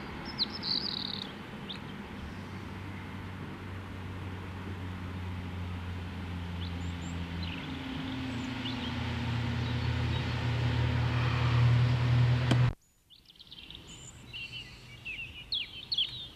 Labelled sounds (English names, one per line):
European Robin song